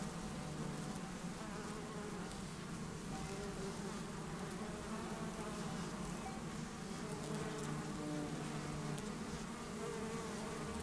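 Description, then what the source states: Bumblebees give a continuous low buzzing hum, steady throughout. Bumblebees and other pollinators taking nectar at flowers on a warm morning after overnight cloud cover, 6500-foot meadow, south end of Taylor Lake, Russian Wilderness, Klamath National Forest, Siskiyou County, California.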